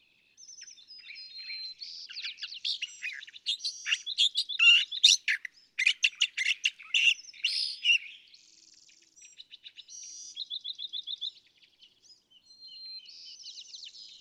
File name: California Thrasher